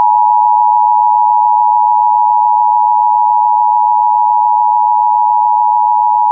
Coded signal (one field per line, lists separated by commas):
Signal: Emergency Alert System (SAME) tones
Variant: 853 and 960 Hz attention tone